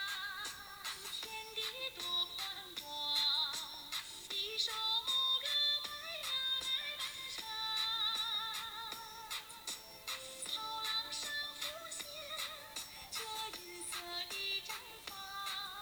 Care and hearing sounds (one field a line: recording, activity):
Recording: daily activity, guitar pickup as the sensor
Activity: browse video